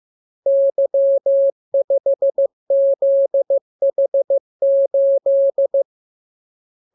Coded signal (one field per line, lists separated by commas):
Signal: Morse code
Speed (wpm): 15 wpm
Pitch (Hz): 550 Hz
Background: none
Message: Y5ZH8